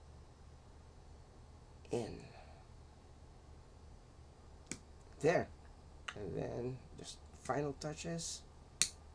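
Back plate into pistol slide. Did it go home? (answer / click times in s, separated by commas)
yes / 8.8 s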